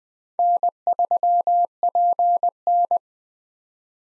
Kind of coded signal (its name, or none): Morse code